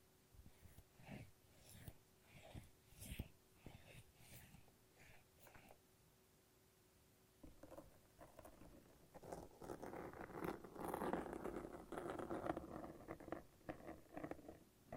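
Sticky tape and a lint roller peel in short, crackly bursts about once a second, then thicken into a continuous rasping tear after eight seconds.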